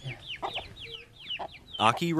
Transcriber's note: the sound of chirping birds